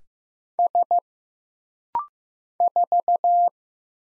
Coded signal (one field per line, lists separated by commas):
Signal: Morse code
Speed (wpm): 15 wpm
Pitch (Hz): 700 Hz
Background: none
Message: S 4